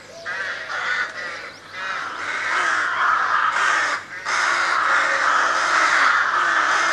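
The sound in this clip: Crow caws loudly and almost without pause, harsh grating calls running together in a dense stream with only brief breaks.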